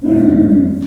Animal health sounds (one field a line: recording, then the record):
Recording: squeal of a Yucatan mini pig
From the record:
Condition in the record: after surgery on the right vocal fold (resection and tissue-engineered implant)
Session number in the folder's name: 4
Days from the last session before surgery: 26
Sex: female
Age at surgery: 19 weeks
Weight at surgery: 25 kg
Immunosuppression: prednisolone